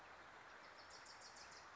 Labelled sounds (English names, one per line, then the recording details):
Wilson's Warbler
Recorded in Sonoma County, California